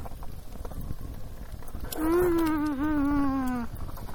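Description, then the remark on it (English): A coyote howls once, a single drawn-out, wavering cry lasting under two seconds that holds a steady mid pitch and sinks slightly at the end, over a constant background hiss. “It's a good thing you guys have that gun in case those pack of coyotes come over here.”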